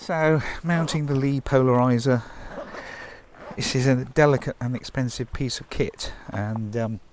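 Someone talks while handling a polariser filter holder being fitted onto the lens adapter on the front of a medium-format camera lens. Handling noises are heard under the talking. The holder has not seated or clicked into place yet.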